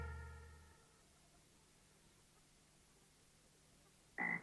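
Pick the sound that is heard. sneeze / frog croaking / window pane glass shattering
frog croaking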